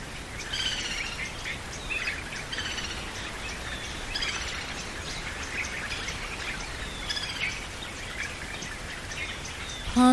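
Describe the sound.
White-headed jungle babbler chattering calls, repeated grating bursts and squeaky notes throughout.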